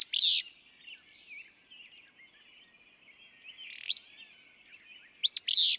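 Willow flycatcher: burry, explosive phrases, the last following a sharp double click, over soft background twitter of other birds.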